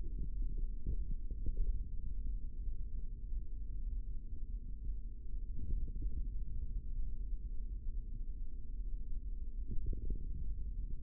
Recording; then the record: forearm muscle sounds (acoustic myography)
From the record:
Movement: finger pinch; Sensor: system 3, bracelet of six PUI Audio POM-2738L microphones around the upper forearm, with dedicated amplification and filtering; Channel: 4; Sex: male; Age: 25 years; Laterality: right